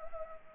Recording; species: mosquito wingbeat signal from an infrared sensor; Anopheles gambiae